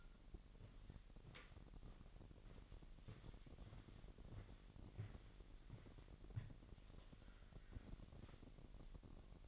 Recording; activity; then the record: daily activity, microphone in the room; walk to room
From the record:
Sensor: 4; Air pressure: 1013.1 hPa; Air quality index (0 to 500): 246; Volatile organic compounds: 4 ppm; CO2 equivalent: 1635 ppm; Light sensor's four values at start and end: 36/86/35/35 and 31/73/30/31